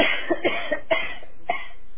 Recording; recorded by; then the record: voluntary cough; telephone call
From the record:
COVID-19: positive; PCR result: self-reported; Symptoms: no